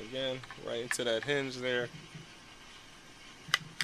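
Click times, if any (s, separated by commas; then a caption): 3.5 s, 3.8 s. Someone talks as the barrel set of a Stoeger Condor Competition over/under shotgun is hooked onto the receiver hinge and rocked forward. Sharp metal clicks sound at 3.5 s and 3.8 s as the barrels lock in place on the receiver, a solid fit.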